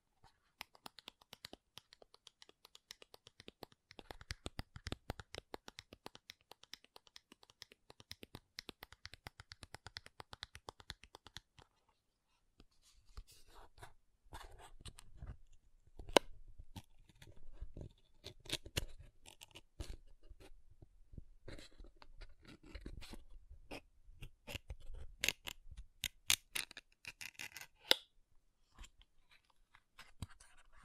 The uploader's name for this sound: MAKEUP TAPPING & SCRATCHING